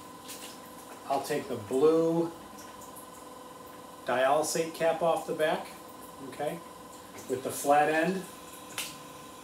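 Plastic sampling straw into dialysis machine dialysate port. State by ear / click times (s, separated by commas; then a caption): seated / 8.8 s. Someone talks while the blue cap is taken off the dialysate connection on the back of a dialysis machine, then the flat end of a plastic sampling straw is pushed into that port. A short sharp pop at 8.8 seconds marks the straw seating in the dialysate port.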